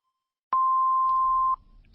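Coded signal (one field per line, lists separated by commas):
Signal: radio time signal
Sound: a single steady mid-pitched beep about one second long, then faint low rumble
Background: low background rumble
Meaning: The final long pip marks the exact top of the hour, 7 pm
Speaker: Son las 7 de la tarde, las 6 en Canarias.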